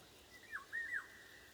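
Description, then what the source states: Golden oriole song: a short fluty whistled phrase, dipping then rising and falling, over a steady background hiss. With wind.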